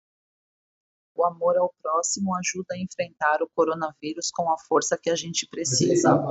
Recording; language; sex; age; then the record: spoken sentence; Brazilian Portuguese; female; 40 to 49 years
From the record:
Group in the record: control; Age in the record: 41 years